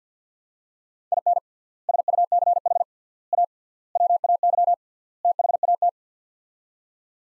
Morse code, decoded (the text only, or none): IN SUCH A WAY THAT